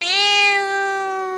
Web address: Sound Effects-Foundation 1 ANIMAL CAT TABBY MEOW